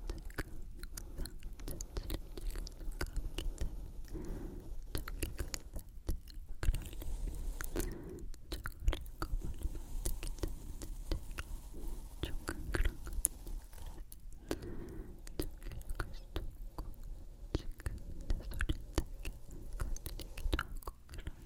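Soft brushing and crackly chewing-like mouth sounds repeat in quick bursts, with faint whispering underneath.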